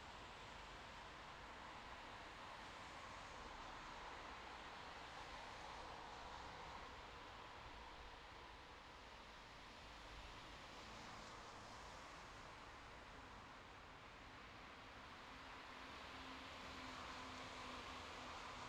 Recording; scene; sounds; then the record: everyday scene through a hearing-aid microphone; in traffic; traffic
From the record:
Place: bus stop on a city main road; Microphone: in the ear canal, left